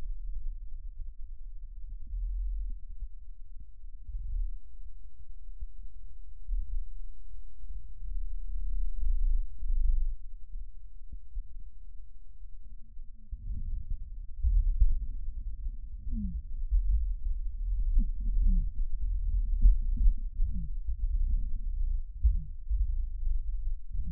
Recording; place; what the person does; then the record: lung sounds by stethoscope; right posterior basal chest; quiet breathing, then deep breathing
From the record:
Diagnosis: interstitial lung disease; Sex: male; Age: 82 years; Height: 158 cm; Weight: 49 kg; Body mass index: 19.6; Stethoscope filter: bell mode